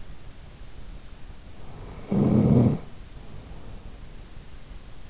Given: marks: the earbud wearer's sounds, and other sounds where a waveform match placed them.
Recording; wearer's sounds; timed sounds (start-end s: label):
sounds in sleep by an in-ear microphone; snoring breath
1.67-3.81 s: snoring breath